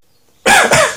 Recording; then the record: coughing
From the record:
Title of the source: Spring Cold Coughing 2